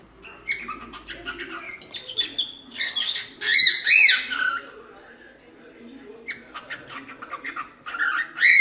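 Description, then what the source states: Cockatiel song of mixed squawks and warbled whistles with a louder harsh burst midway, over a faint low background murmur. Lutino colour variety.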